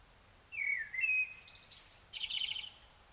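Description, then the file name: Common blackbird song: a slurred whistled phrase, then thin high squeaky notes and a short scratchy chattering burst. "Turdus merula"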